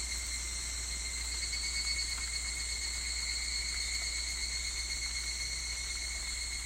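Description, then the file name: Higurashi cicada song, a steady unbroken high-pitched ringing drone at even loudness, over a constant low background hum. "higurashi"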